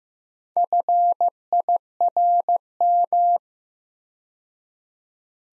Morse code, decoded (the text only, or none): FIRM